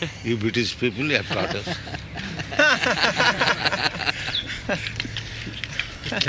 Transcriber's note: laughter